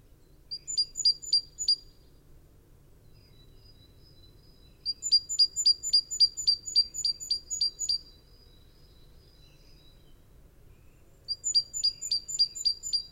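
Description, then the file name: Great tit calls in three bursts of rapid, high, clipped notes, the middle run longest at around a dozen notes, with silent gaps of about three seconds between bursts. "Parus major"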